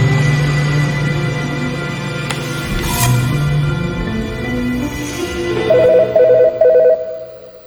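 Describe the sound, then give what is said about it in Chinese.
A telephone rings with a melodic electronic ringtone, a loud, steady sequence of tones stepping upward in pitch, with no voices. “就在我拿起折叠刀的那一刻，电话响了。”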